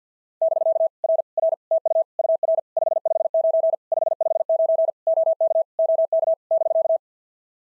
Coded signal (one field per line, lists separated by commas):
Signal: Morse code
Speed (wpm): 47 wpm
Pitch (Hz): 660 Hz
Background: none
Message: <BK> R R TU UR 559 559 OK OK <BK>